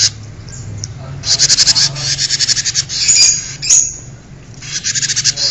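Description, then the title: Bird song of rapid, buzzy high-pitched trills in several bursts, separated by short pauses, over a low steady hum. "kikicau"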